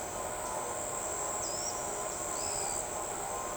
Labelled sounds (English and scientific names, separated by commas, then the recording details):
none
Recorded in shrubland near Pivijay, Magdalena, Colombia, on 13 April 2023 at 06:00
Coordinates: 10.453, -74.365
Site P5-G022